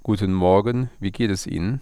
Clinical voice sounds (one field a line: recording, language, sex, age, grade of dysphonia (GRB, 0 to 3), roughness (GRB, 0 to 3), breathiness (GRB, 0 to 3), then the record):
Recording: spoken sentence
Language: German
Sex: male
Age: 40 to 49 years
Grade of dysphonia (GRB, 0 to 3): 1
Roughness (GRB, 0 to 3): 1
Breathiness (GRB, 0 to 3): 0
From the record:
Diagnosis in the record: gastroesophageal reflux disease, contact pachydermia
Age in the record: 43 years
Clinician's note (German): Z.B. verlängerte Schlußphase, beginnende Kontaktpachydermie (Gastrooesophagealer Reflux)